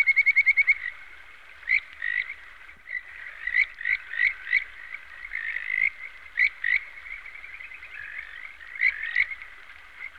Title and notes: NHK Sound Effects Collection - 3-Frogs. NHK効果音集 - 3-カエル